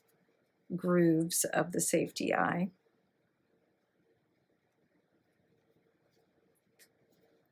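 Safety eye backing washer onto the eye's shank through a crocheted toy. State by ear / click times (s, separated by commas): not seated / none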